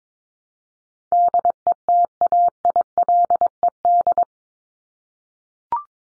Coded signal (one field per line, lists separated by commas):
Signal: Morse code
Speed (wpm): 22 wpm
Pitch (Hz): 700 Hz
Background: none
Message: DETAILED